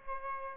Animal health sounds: mosquito wingbeat signal from an infrared sensor; Aedes aegypti

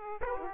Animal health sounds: mosquito wingbeat signal from an infrared sensor; Aedes aegypti

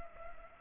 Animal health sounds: mosquito wingbeat signal from an infrared sensor; Culex pipiens

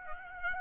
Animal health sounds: mosquito wingbeat signal from an infrared sensor; Aedes aegypti

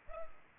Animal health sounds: mosquito wingbeat signal from an infrared sensor; Culex pipiens

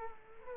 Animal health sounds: mosquito wingbeat signal from an infrared sensor; Culex quinquefasciatus

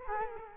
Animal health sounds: mosquito wingbeat signal from an infrared sensor; Culex quinquefasciatus

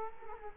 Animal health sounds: mosquito wingbeat signal from an infrared sensor; Culex quinquefasciatus

